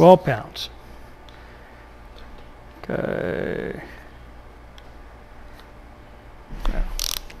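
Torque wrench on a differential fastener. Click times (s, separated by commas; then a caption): 7.0 s. A torque wrench set to a low value of about 12 pounds is ratcheted on a fastener of a Miata differential assembly, with someone talking at the start. A steady ratcheting sound runs from about 2.9 to 3.7 seconds, then sharp bursts near the end bring the faint click at its setting at 7.0 seconds. At such a low torque the click is light and easy to miss by feel.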